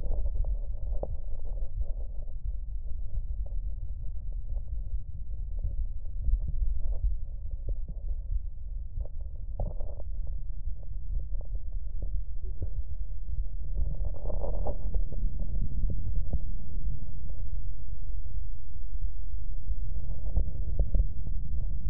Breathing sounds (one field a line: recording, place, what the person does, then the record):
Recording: lung sounds by stethoscope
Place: left posterior apical chest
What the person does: quiet breathing, then deep breathing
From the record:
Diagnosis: none (healthy)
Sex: male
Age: 23 years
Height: 185 cm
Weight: 93 kg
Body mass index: 27.2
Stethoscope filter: extended mode